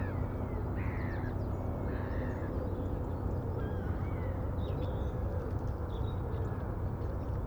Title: Ambience. Morning. Small Port, waterfront, calm. Spacious & busy birdsong. Crows creaking.